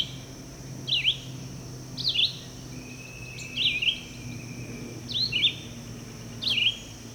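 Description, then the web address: Red-eyed vireo song: short, sharply slurred whistled phrases, some doubled, coming about every second or so, with a faint continuous high hum behind. "birds vireos"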